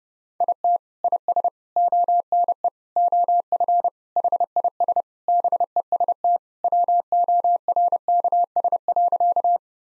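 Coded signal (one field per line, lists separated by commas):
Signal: Morse code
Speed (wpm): 30 wpm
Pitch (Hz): 700 Hz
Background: none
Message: IT IS ONE OF HIS BEST WORKS.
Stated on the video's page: Morse practice sentences at 30 wpm, each sent, then spoken, then sent again, for head-copy training.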